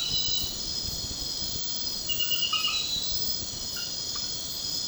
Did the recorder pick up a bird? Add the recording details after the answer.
no. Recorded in secondary vegetation near Puerto Asís, Putumayo, Colombia, on 13 March 2025 at 01:00. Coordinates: 0.498, -76.327. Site G001